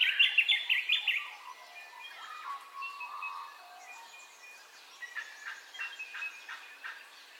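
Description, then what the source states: Birds calling in a dawn chorus: a loud burst of rapid chirps at first, then mixed whistles and scattered short notes from several birds. Dawn ambience of bird calls, in stereo.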